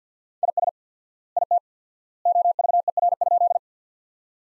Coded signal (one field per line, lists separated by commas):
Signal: Morse code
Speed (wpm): 46 wpm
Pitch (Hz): 700 Hz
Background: none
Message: IS IT OVER?